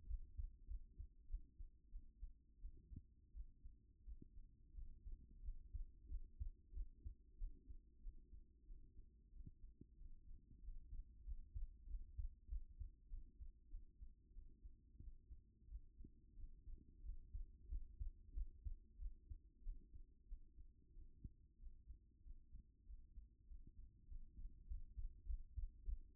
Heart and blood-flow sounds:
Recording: heart sounds by stethoscope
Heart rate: 93 bpm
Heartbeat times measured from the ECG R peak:
0.04 s: heartbeat
0.64 s: heartbeat
1.25 s: heartbeat
1.88 s: heartbeat
2.58 s: heartbeat
3.30 s: heartbeat
4.02 s: heartbeat
4.71 s: heartbeat
5.39 s: heartbeat
6.05 s: heartbeat
6.70 s: heartbeat
7.34 s: heartbeat
7.99 s: heartbeat
8.64 s: heartbeat
9.29 s: heartbeat
9.95 s: heartbeat
10.58 s: heartbeat
11.22 s: heartbeat
11.84 s: heartbeat
12.45 s: heartbeat
13.06 s: heartbeat
13.67 s: heartbeat
14.31 s: heartbeat
14.97 s: heartbeat
15.65 s: heartbeat
16.33 s: heartbeat
16.99 s: heartbeat
17.65 s: heartbeat
18.30 s: heartbeat
18.95 s: heartbeat
19.60 s: heartbeat
20.25 s: heartbeat
20.90 s: heartbeat
21.56 s: heartbeat
22.20 s: heartbeat
22.83 s: heartbeat
23.44 s: heartbeat
24.05 s: heartbeat
24.64 s: heartbeat
25.23 s: heartbeat
25.81 s: heartbeat
From the record:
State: after exercise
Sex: female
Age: 28 years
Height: 167 cm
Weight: 60 kg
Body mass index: 21.51

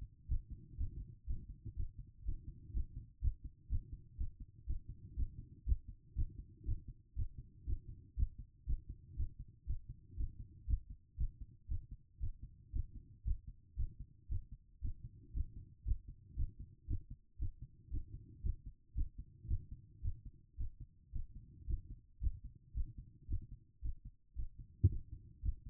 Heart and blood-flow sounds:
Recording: heart sounds by stethoscope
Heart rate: 118 bpm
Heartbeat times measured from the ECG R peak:
0.29 s: heartbeat
0.78 s: heartbeat
1.27 s: heartbeat
1.77 s: heartbeat
2.25 s: heartbeat
2.74 s: heartbeat
3.22 s: heartbeat
3.70 s: heartbeat
4.18 s: heartbeat
4.67 s: heartbeat
5.16 s: heartbeat
5.66 s: heartbeat
6.16 s: heartbeat
6.66 s: heartbeat
7.16 s: heartbeat
7.66 s: heartbeat
8.17 s: heartbeat
8.67 s: heartbeat
9.17 s: heartbeat
9.67 s: heartbeat
10.17 s: heartbeat
10.67 s: heartbeat
11.18 s: heartbeat
11.69 s: heartbeat
12.20 s: heartbeat
12.73 s: heartbeat
13.25 s: heartbeat
13.77 s: heartbeat
14.29 s: heartbeat
14.82 s: heartbeat
15.34 s: heartbeat
15.85 s: heartbeat
16.37 s: heartbeat
16.88 s: heartbeat
17.39 s: heartbeat
17.91 s: heartbeat
18.43 s: heartbeat
18.95 s: heartbeat
19.48 s: heartbeat
20.02 s: heartbeat
20.58 s: heartbeat
21.13 s: heartbeat
21.67 s: heartbeat
22.21 s: heartbeat
22.75 s: heartbeat
23.28 s: heartbeat
23.82 s: heartbeat
24.36 s: heartbeat
24.89 s: heartbeat
25.43 s: heartbeat
From the record:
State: after exercise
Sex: female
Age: 36 years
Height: 178 cm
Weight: 74 kg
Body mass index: 23.36

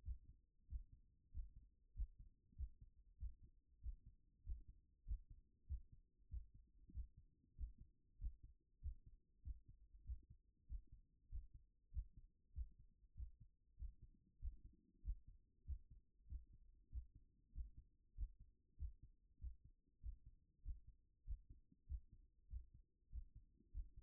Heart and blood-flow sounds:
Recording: heart sounds by stethoscope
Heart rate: 96 bpm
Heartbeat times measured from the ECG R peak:
0.02 s: heartbeat
0.66 s: heartbeat
1.30 s: heartbeat
1.93 s: heartbeat
2.54 s: heartbeat
3.17 s: heartbeat
3.80 s: heartbeat
4.42 s: heartbeat
5.04 s: heartbeat
5.65 s: heartbeat
6.28 s: heartbeat
6.91 s: heartbeat
7.54 s: heartbeat
8.17 s: heartbeat
8.79 s: heartbeat
9.41 s: heartbeat
10.03 s: heartbeat
10.65 s: heartbeat
11.28 s: heartbeat
11.90 s: heartbeat
12.52 s: heartbeat
13.13 s: heartbeat
13.75 s: heartbeat
14.38 s: heartbeat
15.01 s: heartbeat
15.64 s: heartbeat
16.26 s: heartbeat
16.88 s: heartbeat
17.51 s: heartbeat
18.14 s: heartbeat
18.76 s: heartbeat
19.37 s: heartbeat
19.99 s: heartbeat
20.61 s: heartbeat
21.23 s: heartbeat
21.85 s: heartbeat
22.47 s: heartbeat
23.08 s: heartbeat
23.70 s: heartbeat
From the record:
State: after exercise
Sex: male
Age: 39 years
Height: 186 cm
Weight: 113 kg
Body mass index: 32.66

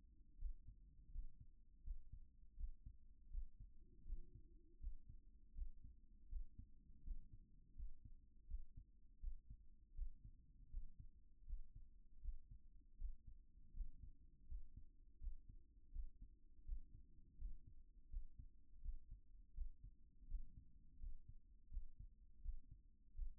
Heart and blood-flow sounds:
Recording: heart sounds by stethoscope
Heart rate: 81 bpm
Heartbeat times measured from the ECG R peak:
0.37 s: heartbeat
1.10 s: heartbeat
1.82 s: heartbeat
2.55 s: heartbeat
3.29 s: heartbeat
4.04 s: heartbeat
4.78 s: heartbeat
5.53 s: heartbeat
6.27 s: heartbeat
7.02 s: heartbeat
7.74 s: heartbeat
8.46 s: heartbeat
9.19 s: heartbeat
9.93 s: heartbeat
10.68 s: heartbeat
11.45 s: heartbeat
12.20 s: heartbeat
12.96 s: heartbeat
13.72 s: heartbeat
14.46 s: heartbeat
15.18 s: heartbeat
15.90 s: heartbeat
16.63 s: heartbeat
17.36 s: heartbeat
18.08 s: heartbeat
18.80 s: heartbeat
19.52 s: heartbeat
20.26 s: heartbeat
20.98 s: heartbeat
21.69 s: heartbeat
22.40 s: heartbeat
23.13 s: heartbeat
From the record:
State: at rest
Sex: male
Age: 52 years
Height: 176 cm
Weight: 105 kg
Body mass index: 33.90

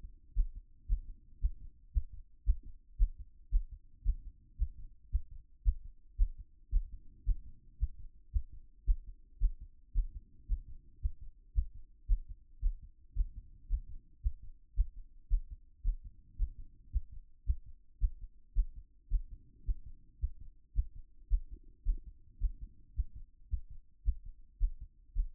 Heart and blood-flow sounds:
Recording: heart sounds by stethoscope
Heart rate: 111 bpm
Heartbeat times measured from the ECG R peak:
0.34 s: heartbeat
0.87 s: heartbeat
1.39 s: heartbeat
1.92 s: heartbeat
2.44 s: heartbeat
2.97 s: heartbeat
3.50 s: heartbeat
4.03 s: heartbeat
4.56 s: heartbeat
5.10 s: heartbeat
5.63 s: heartbeat
6.16 s: heartbeat
6.70 s: heartbeat
7.24 s: heartbeat
7.77 s: heartbeat
8.31 s: heartbeat
8.85 s: heartbeat
9.39 s: heartbeat
9.93 s: heartbeat
10.46 s: heartbeat
11.00 s: heartbeat
11.53 s: heartbeat
12.06 s: heartbeat
12.60 s: heartbeat
13.14 s: heartbeat
13.67 s: heartbeat
14.20 s: heartbeat
14.74 s: heartbeat
15.28 s: heartbeat
15.82 s: heartbeat
16.36 s: heartbeat
16.90 s: heartbeat
17.44 s: heartbeat
17.99 s: heartbeat
18.53 s: heartbeat
19.08 s: heartbeat
19.64 s: heartbeat
20.18 s: heartbeat
20.73 s: heartbeat
21.28 s: heartbeat
21.83 s: heartbeat
22.38 s: heartbeat
22.93 s: heartbeat
23.48 s: heartbeat
24.03 s: heartbeat
24.58 s: heartbeat
25.13 s: heartbeat
From the record:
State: after exercise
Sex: male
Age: 40 years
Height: 190 cm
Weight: 114 kg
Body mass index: 31.58

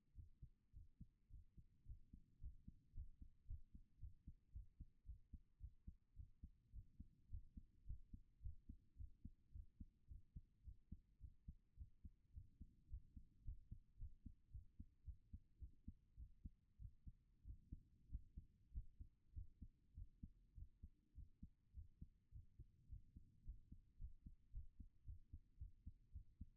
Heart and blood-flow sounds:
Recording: heart sounds by stethoscope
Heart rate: 107 bpm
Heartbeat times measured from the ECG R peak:
0.15 s: heartbeat
0.72 s: heartbeat
1.29 s: heartbeat
1.85 s: heartbeat
2.39 s: heartbeat
2.93 s: heartbeat
3.46 s: heartbeat
3.99 s: heartbeat
4.52 s: heartbeat
5.05 s: heartbeat
5.60 s: heartbeat
6.16 s: heartbeat
6.72 s: heartbeat
7.29 s: heartbeat
7.85 s: heartbeat
8.42 s: heartbeat
8.97 s: heartbeat
9.52 s: heartbeat
10.08 s: heartbeat
10.64 s: heartbeat
11.20 s: heartbeat
11.77 s: heartbeat
12.33 s: heartbeat
12.89 s: heartbeat
13.43 s: heartbeat
13.97 s: heartbeat
14.51 s: heartbeat
15.04 s: heartbeat
15.59 s: heartbeat
16.17 s: heartbeat
16.79 s: heartbeat
17.44 s: heartbeat
18.09 s: heartbeat
18.72 s: heartbeat
19.33 s: heartbeat
19.95 s: heartbeat
20.55 s: heartbeat
21.15 s: heartbeat
21.73 s: heartbeat
22.31 s: heartbeat
22.88 s: heartbeat
23.44 s: heartbeat
23.98 s: heartbeat
24.51 s: heartbeat
25.05 s: heartbeat
25.57 s: heartbeat
26.12 s: heartbeat
From the record:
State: after exercise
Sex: female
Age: 39 years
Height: 175 cm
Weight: 68 kg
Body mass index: 22.20

